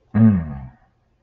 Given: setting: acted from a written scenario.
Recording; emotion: vocal sound without words; pride